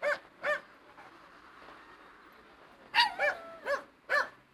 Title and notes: monheim, turmstrasse, 2 hunde im auto. mittags am parkplatz, zwei hunde in einem auto. soundmap nrw